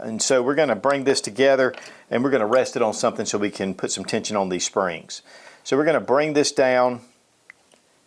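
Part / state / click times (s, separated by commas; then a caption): spring plate into rifle recoil assembly groove / seated / 7.5 s. Someone talks for about seven seconds while reassembling the bufferless recoil assembly of a CMMG Mk47 Dissent 7.62x39 rifle, resting it on something to put tension on the springs. The spring-loaded plate is then pressed down into its groove, and a sharp click at 7.5 s marks it snapping into place, followed by a faint softer sound just after. The plate is seated.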